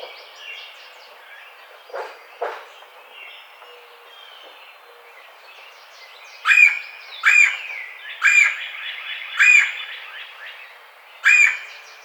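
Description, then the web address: Red-bellied woodpecker: after a quieter start with a couple of soft low sounds, a red-bellied woodpecker gives five loud rolling churr calls at uneven intervals. Recorded 4 May 2009. "sounds birds Red-bellied Woodpecker 2009 05 04 Red-bellied Woodpecker 01"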